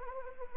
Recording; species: mosquito wingbeat signal from an infrared sensor; Anopheles arabiensis